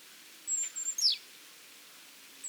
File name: Parus major